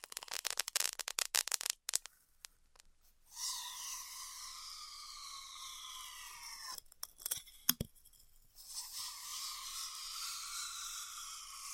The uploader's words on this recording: ASMR Styrofoam Heat Cutting (No Talking).